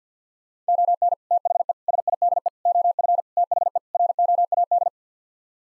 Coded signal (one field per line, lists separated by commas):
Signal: Morse code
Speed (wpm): 50 wpm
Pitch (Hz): 700 Hz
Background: none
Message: ON THE SIDE OF THE ROAD